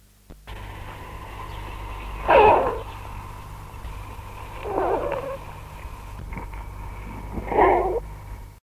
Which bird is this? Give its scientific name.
Upupa epops